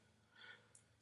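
A quick-release button is pushed on a fishnet rubber-backed band of a Frank Dubarry dive watch, and the band releases from the watch case lugs. A soft, breathy rustle swells around 0.4–0.6 seconds over a low steady hum, followed by a small, sharp, high-pitched click at 0.8 seconds as the band pops off.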